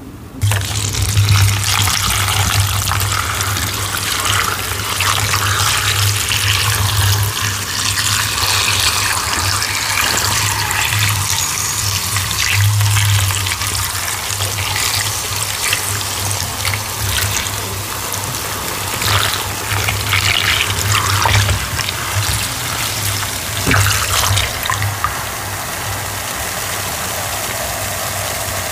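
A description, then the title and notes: Water pours steadily onto chalk blocks, a dense hissing trickle with a low hum underneath and brief crackling soaks near twenty-one seconds. Pouring Over Blue Water onto Gym Chalk Blocks.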